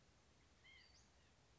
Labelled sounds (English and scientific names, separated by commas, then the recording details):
Western Flycatcher (Empidonax difficilis)
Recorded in Sonoma County, California